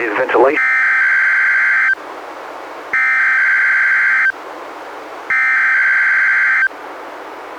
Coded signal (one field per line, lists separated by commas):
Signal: Emergency Alert System (SAME) tones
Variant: header bursts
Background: speech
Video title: EAS #209-214: 6 NWR Required Weekly Tests- Nov. 15-Dec. 20, 2017